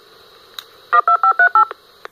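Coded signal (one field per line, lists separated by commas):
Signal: DTMF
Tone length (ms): 100 ms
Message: 12538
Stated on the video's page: DTMF PTT-ID tones sent by a Baofeng radio at beginning and/or end of transmission, affected by the DTMF-ST setting.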